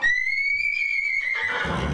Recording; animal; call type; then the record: contact call of a hoofed animal; horse; whinny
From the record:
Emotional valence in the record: negative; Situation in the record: group separation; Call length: 2.0 s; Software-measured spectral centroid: 2170 Hz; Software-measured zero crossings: 3750 a second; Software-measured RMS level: -24 dBFS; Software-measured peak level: -11 dBFS